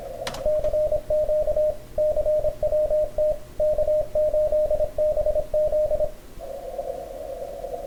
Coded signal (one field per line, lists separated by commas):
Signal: Morse code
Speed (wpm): 25 wpm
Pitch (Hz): 610 Hz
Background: radio noise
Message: CQ CWT K8BZ